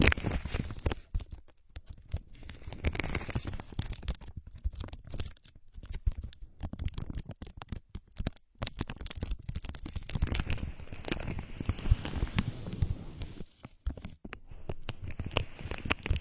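Ear massage with no voice: dense rubbing and crinkling against the mic, a rapid stream of rustles with brief silent gaps near 8 and 14 seconds. The scraping sounds are full and low-heavy, with sharper crackles scattered throughout.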